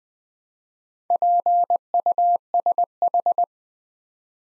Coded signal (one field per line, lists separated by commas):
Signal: Morse code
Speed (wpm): 20 wpm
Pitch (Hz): 700 Hz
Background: none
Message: PUSH